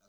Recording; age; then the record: pig call; piglet (1 to 25 days)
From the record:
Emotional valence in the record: positive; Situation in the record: short reunion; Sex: male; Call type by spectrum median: low-frequency call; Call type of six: low-frequency stable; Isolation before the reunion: 3 minutes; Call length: 0.08 s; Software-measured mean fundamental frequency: 88 Hz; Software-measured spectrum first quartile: 590 Hz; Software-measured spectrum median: 2050 Hz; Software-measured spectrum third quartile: 6938 Hz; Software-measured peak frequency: 611 Hz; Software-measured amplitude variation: 43 dB a second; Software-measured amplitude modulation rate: 6.0 a second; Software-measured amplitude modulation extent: 7.1 dB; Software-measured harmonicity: 2.3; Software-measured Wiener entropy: -1.83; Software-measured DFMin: 597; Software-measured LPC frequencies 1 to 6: 603, 1375, 2413, 4123, 5029, 5914 Hz